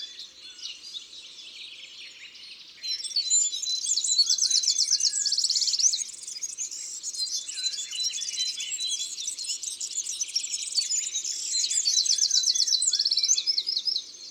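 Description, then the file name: Eurasian wren singing a long, vigorous string of shrill twitters and rapid trills, with two especially dense rattles. Recorded in Isère, France. "Troglodyte-mignon-Concerts-naturels-de-l Isere-Studio-Les-Trois-Becs"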